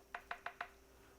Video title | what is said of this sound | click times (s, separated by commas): Han's Keyboard NEO802 — This Thing Is Fun. | this is the actual lock for it. It locks into place this way. | 0.2 s, 0.3 s, 0.5 s, 0.6 s